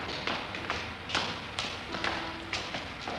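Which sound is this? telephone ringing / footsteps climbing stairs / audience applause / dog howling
footsteps climbing stairs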